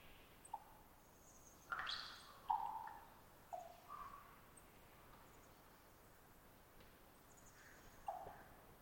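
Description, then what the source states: Common raven making scattered short pops and brief tonal notes with a sharp snap, widely spaced over a hissing background. Single raven perched about 50 ft up and some distance away; long trilling twitter before a pop call, sometimes a gulp or beak snap after.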